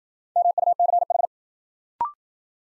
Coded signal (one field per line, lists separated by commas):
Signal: Morse code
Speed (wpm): 54 wpm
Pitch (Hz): 700 Hz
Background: none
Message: MUCH